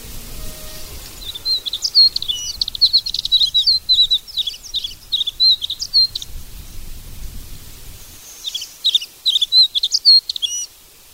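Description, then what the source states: Alpine accentor song, a long stretch of high jumbled twittering and trills, a short gap, then a final burst; low background rumble. Zao, Japan.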